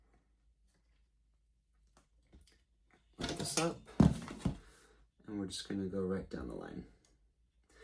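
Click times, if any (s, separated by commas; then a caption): 7.0 s. Someone talks while rotating the arrow nock holder of an OMP Phoenix fletching jig to the next vane position. Faint handling ticks come before the speech. The holder indexes into its detent with a soft, audible click at 7.1 s, confirming it has seated.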